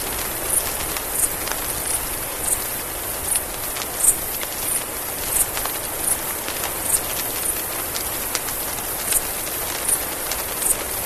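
Mexican free-tailed bat calls, a string of high chirps recurring roughly every half second to a second, over continuous hiss and light clicking.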